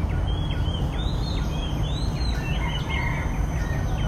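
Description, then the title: Birds calling with a run of clear whistled, arching notes and quick chirps, partly masked by loud, steady low-pitched background noise. Recorded in Singapore Botanic Gardens, Singapore. "新加坡新加坡植物园中的鸟叫"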